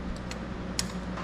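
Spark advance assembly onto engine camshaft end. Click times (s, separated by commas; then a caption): 0.8 s. The metal spark-advance assembly of a Honda Big Red ATC 200es is set onto the end of the engine camshaft so its notch indexes with a small pin on the cam. After a fainter tick at 0.3 s, a sharp metallic tick at 0.8 s marks the assembly dropping and locking into place, fully seated.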